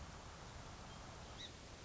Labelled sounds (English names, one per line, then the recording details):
Song Sparrow
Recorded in Sonoma County, California